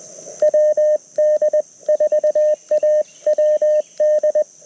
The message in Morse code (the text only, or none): WD4AWD